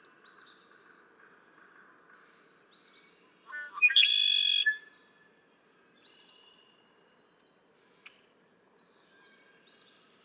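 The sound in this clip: Red-winged blackbird giving one loud buzzy trill after high chipping notes, followed by softer rising whistles.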